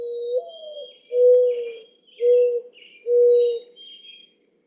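Mourning dove song: an upslurred first coo followed by three low, steady coos spaced roughly a second apart, while small birds chirp faintly in the background.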